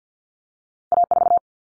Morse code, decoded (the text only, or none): A4